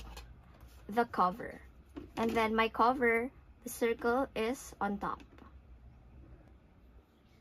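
A plastic cover is lined up on a shoe storage box with the circle on top, ready to be locked in. Someone talks over quiet handling, with only a faint hit near 5.4 s. Nothing has seated or clicked yet.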